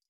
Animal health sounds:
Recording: hydrophone in a shrimp aquaculture tank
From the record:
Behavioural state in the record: feeding

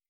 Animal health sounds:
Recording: hydrophone in a shrimp aquaculture tank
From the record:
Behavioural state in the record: stressed

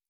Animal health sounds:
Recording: hydrophone in a shrimp aquaculture tank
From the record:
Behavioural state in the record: normal

